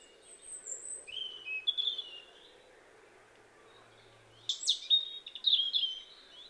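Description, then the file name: European robin giving high, thin song phrases separated by a pause, over steady background noise. "Erithacus rubecula"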